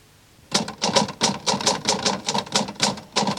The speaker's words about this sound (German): Sie tippt.